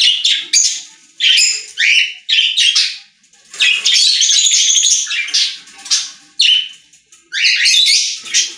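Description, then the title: Budgerigar warbling chatter, harsh buzzy notes and chirps in separate bursts of about half a second to two seconds. "Budgie Sounds"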